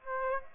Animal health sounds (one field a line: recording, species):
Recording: mosquito wingbeat signal from an infrared sensor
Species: Aedes aegypti